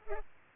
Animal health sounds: mosquito wingbeat signal from an infrared sensor; Culex pipiens

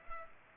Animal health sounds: mosquito wingbeat signal from an infrared sensor; Culex pipiens

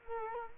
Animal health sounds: mosquito wingbeat signal from an infrared sensor; Culex quinquefasciatus

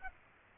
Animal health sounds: mosquito wingbeat signal from an infrared sensor; Aedes aegypti

